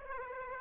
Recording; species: mosquito wingbeat signal from an infrared sensor; Aedes aegypti